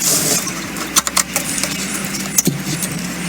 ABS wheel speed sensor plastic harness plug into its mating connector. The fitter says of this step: hear the click you're done